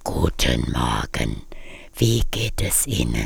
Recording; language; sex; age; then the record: spoken sentence; German; female; 50 to 59 years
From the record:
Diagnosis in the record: ventricular fold phonation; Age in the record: 55 years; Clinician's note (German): Angebahnte Form